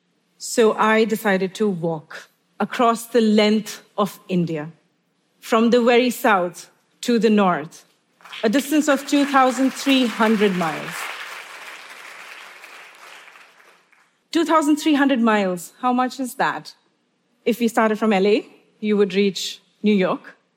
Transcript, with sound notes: So I decided to walk across the length of India from the very south to the north, a distance of 2,300 miles. (Applause) 2,300 miles. How much is that? If you started from LA, you would reach New York.